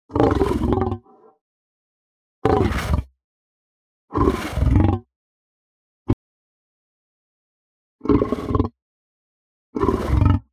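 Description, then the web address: Lion growls in five rough, deep bursts of about a second each, separated by silent gaps, with one brief sharp click midway. "lion growl medium"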